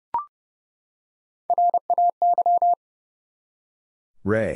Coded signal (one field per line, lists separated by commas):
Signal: Morse code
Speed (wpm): 30 wpm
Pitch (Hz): 700 Hz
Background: none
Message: RAY